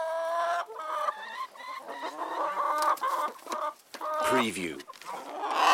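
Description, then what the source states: Chickens clucking: several birds give overlapping, uneven clucks and drawn-out squawking notes throughout, some rising and some falling in pitch. Chickens in a chicken coop.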